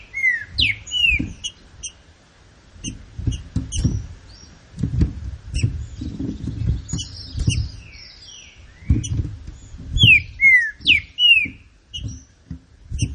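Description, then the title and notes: Green-winged saltator song: bright slurred whistles falling in pitch, given in short phrases at the start and again near the end, with steady low thumps and knocking underneath. Classic song style (canto clássico) of the trinca-ferro, presented as a training recording. "Canto Clássico Trinca Ferro TREINAMENTO. trinca fero"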